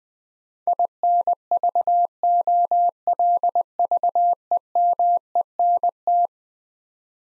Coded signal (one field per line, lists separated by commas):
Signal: Morse code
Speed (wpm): 20 wpm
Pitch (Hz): 700 Hz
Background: none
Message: INVOLVEMENT